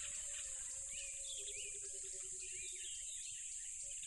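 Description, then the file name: Crickets keep up a dense, shrill continuous buzz as a low rattling trill repeats for a few seconds and scattered bird chirps sound above it. Loud crickets by a tropical river. "smartsound ATMO NATURE Tropical River Loud Crickets"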